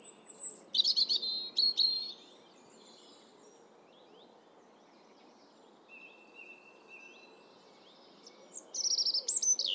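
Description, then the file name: European robin song: high, thin whistled and trilled phrases in the first two seconds, a quiet gap, then more sharp high phrases near the end over steady low hiss. "Erithacus rubecula"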